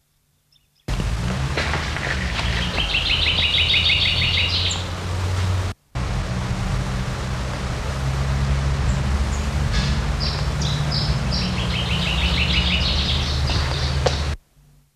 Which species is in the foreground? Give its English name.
Common Chaffinch